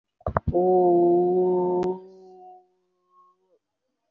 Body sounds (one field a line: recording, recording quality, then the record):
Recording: sustained vowel as in boot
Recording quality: excellent, no background noise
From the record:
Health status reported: COVID-19 positive, no symptoms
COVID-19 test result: positive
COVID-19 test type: RT-PCR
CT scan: taken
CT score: 3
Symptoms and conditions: pneumonia, another respiratory illness, hypertension, diabetes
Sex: female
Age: 68 years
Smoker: no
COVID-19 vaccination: none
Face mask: worn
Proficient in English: yes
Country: India